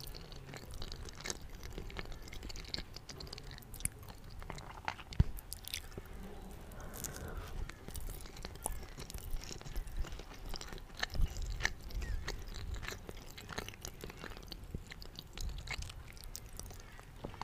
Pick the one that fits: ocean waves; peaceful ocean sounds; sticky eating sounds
sticky eating sounds